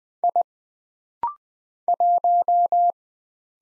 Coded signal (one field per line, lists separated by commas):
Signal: Morse code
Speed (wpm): 20 wpm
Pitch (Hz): 700 Hz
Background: none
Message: I 1